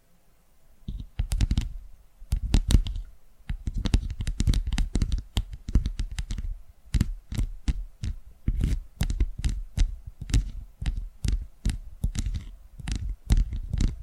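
Tapping sounds in quick, fairly regular bursts, starting after about a second of near silence and continuing to the end. Each tap is a short click with a soft, thudding low body, sometimes doubled or clustered, with brief pauses between groups.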